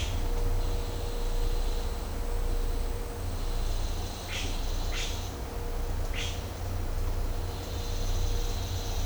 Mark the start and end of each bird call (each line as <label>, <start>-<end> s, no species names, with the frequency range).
bird call (1.7-6.7 kHz), 4.32-4.48 s
bird call (1.4-8.3 kHz), 4.94-5.09 s
bird call (1.7-7.8 kHz), 6.14-6.30 s
bird call (5.6-7.1 kHz), 7.67-9.06 s